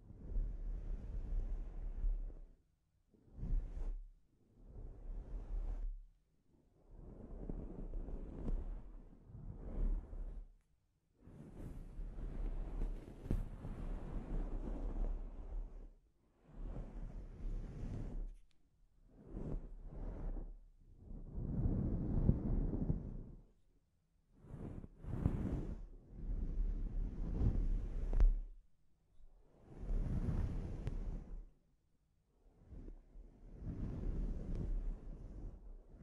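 A scalp treatment, heard as a run of soft rustling, scrubbing swells, each lasting one to three seconds and separated by short pauses. A few sharp, quick scratches break in around the third, eleventh and twenty-fifth seconds, over a faint steady low hum.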